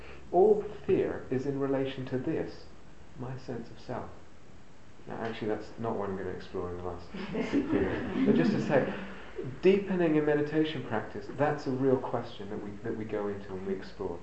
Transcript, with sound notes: All fear is in relation to this, my sense of self. Now, actually, that's not what I'm going to explore in the last... [laughter] But just to say, deepening in meditation practice -- that's a real question that we go into and we explore: